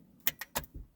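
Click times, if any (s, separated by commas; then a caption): none. An interior light unit is handled against its housing in a 1999 Renault Twingo, giving short sharp plastic-like taps at about 0.3, 0.4, 0.6 and 1.0 s, with a low thump near 0.8 s. Nothing has seated or clicked into place yet.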